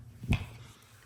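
A mop pad is attached to the rotating mop mount on the underside of a DreameBot X30 Ultra robot vacuum and snaps on magnetically. A single sharp click is heard at 0.3 s, followed by quiet low hum, and the pad is seated.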